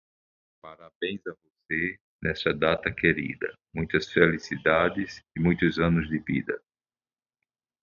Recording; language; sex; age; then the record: short text; Brazilian Portuguese; male; 60 to 69 years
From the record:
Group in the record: control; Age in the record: 64 years